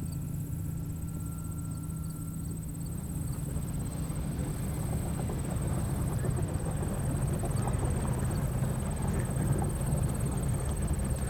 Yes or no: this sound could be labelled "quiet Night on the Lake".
yes